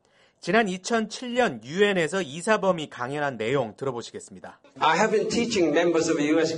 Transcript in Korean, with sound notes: 지난 2007년 유엔에서 이 사범이 강연한 내용 들어보시겠습니다. [녹취: 고 이준구 사범 유엔 강연] “I have been teaching members of U.S.